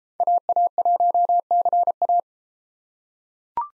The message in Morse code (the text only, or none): AA1CA